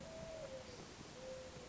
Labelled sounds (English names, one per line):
Mourning Dove